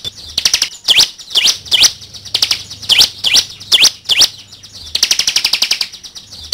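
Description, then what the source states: Bar-winged prinia giving several high, down-then-up swept notes in a row, then breaking into a quick, rattling trill. Local name ciblek; song (kicau).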